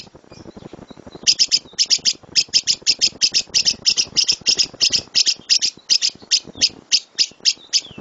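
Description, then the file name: Lovebird song: sharp, high chattering notes in rapid pulsed bursts, repeated after a quiet first second. Lovebird named Dora, owned by JNJ. "lovebird dora milik jnj"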